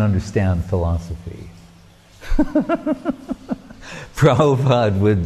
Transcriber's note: laughing